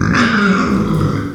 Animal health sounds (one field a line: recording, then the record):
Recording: squeal of a Yucatan mini pig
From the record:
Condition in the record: after surgery on the right vocal fold (resection and tissue-engineered implant)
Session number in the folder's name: 14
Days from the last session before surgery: 133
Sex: female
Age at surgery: 19 weeks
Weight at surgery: 25 kg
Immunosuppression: prednisolone